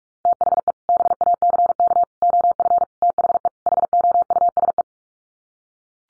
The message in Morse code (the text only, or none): THE BACK OF THE HOUSE